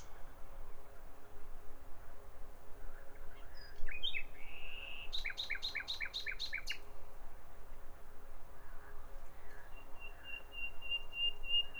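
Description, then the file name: Common nightingale song, fairly quiet: a few soft notes and a slurred phrase, a short series of repeated sharp clicks, then a long thin steady whistle. "Nachtigall"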